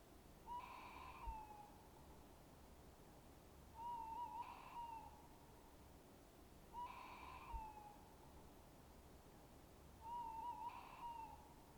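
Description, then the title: Tawny owl hooting, short wavering hoots repeated roughly every three seconds, four in all, over a quiet low background hiss. Hooting in darkness; recorded the previous evening. "Lehtopöllö huhuilee pimeydessä – Kuuntele lehtopöllön ääntä"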